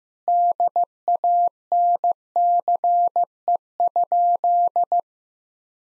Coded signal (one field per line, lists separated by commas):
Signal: Morse code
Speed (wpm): 15 wpm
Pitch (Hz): 700 Hz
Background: none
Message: DANCE?